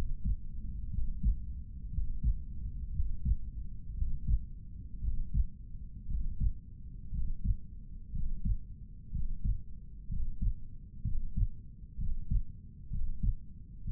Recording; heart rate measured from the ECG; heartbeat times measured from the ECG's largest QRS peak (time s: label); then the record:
heart sounds by stethoscope; 60 bpm
0.92 s: heartbeat
1.92 s: heartbeat
2.94 s: heartbeat
3.96 s: heartbeat
5.02 s: heartbeat
6.09 s: heartbeat
7.13 s: heartbeat
8.13 s: heartbeat
9.13 s: heartbeat
10.10 s: heartbeat
11.05 s: heartbeat
11.99 s: heartbeat
12.92 s: heartbeat
13.86 s: heartbeat
From the record:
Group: healthy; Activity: breath hold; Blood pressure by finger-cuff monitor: 134/86 mmHg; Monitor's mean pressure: 97 mmHg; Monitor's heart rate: 60 bpm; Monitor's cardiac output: 6.3 L/min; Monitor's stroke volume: 107 mL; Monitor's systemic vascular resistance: 1140 dyn s/cm5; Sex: male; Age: 30 years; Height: 188 cm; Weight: 110.2 kg